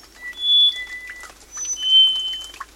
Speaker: In wet mountain forests of Costa Rica, a slate-gray bird sings as it moves furtively in the dense understory. It's the black-faced solitaire.